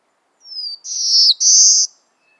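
Black-throated Blue Warbler singing a high descending thin whistle followed by two drawled buzzy notes, the second steady and sustained.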